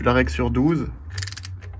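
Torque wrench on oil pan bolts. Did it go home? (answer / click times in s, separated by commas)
yes / 1.5 s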